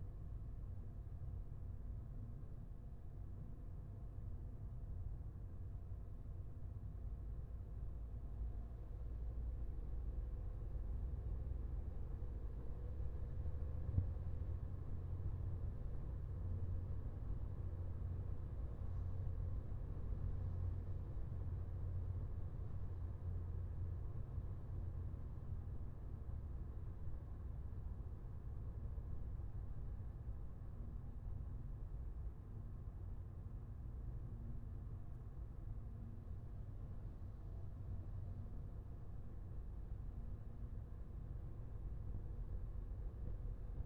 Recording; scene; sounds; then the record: everyday scene through a hearing-aid microphone; in a vehicle; engine, highway driving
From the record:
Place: Skoda Fabia, gasoline engine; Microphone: behind the ear, left, rear